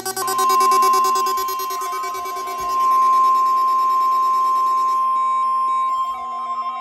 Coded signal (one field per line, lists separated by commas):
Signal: Emergency Alert System (SAME) tones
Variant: 1050 Hz attention tone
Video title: CRP Required Weekly Test on WXK26 & KBNL (EAS 573-574) - 06/08/2022